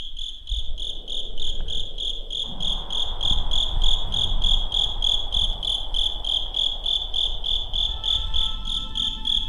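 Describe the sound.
Insect chirping: a steady, fast pulsed trill, high and shrill, runs throughout over a low rumbling noise. A faint tonal hum joins near the end.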